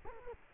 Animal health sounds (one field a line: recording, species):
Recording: mosquito wingbeat signal from an infrared sensor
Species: Culex quinquefasciatus